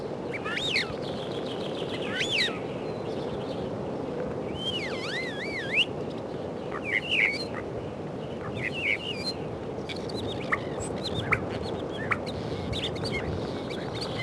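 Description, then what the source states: Common starling song, a long varied medley of wavy warbling whistles, rattles and clicks with changing phrases throughout. Spring recording.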